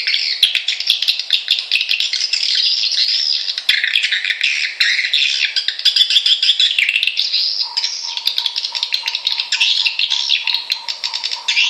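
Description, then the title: Swiftlet chirping calls, busy overlapping high twitters and squeaky chirps without pause, joined near the end by a lower repeated pulsing tone. Swiftlet lure call used to attract birds, from Kalimantan. "Suara Walet Kalimantan"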